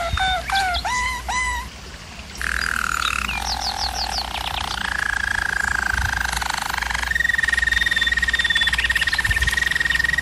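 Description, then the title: German Roller canary: quick hooked notes repeated at the start, a short gap, then soft rolls, a few rising flicks, and a long clear ringing trill to finish. German Roller canary singing; recording made for canary song training. "German Roller Canary Singing - Canary Training Vid"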